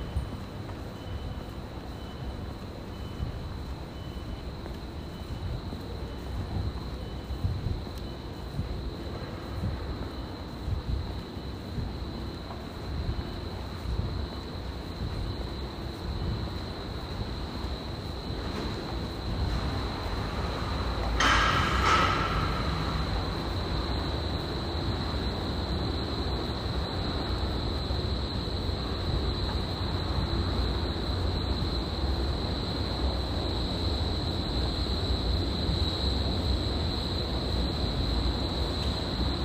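A metro ride with a steady low rumble and rattle of the train running throughout. A thin high whine holds overhead, and around 21 seconds a brief bright chime or squeal cuts through before the rolling noise grows slightly louder and continues.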